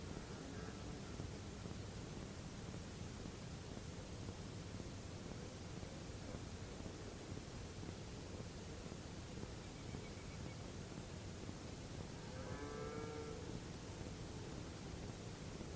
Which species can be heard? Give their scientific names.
Numenius phaeopus